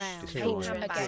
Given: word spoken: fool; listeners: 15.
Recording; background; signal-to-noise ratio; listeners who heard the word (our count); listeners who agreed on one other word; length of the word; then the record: one English word in noise, from a listening test; four-talker babble; -1.9 dB; 0 of 15; 8 of 15; 0.68 s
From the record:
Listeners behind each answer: 8, 3, 1, 1, 1, 1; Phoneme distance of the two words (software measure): 51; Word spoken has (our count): 1 syllable, 3 phonemes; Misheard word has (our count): 2 syllables, 6 phonemes, stress on syllable 1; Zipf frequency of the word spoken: 4.36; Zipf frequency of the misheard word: 3.61